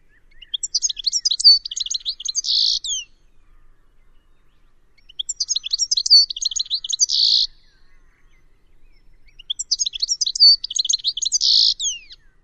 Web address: cianscape birddata Deverinetal 2025 Bird Only Ca Ca Ca Ca